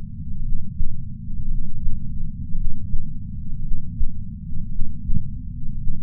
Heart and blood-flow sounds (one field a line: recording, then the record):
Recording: heart sounds by patch sensor on the chest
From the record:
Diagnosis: coronary artery disease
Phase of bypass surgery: intraoperative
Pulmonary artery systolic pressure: 25 mmHg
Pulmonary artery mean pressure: 17 mmHg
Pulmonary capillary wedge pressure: 11 mmHg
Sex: male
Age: 62 years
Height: 172 cm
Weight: 60 kg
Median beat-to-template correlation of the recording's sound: 0.91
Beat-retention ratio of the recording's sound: 1.00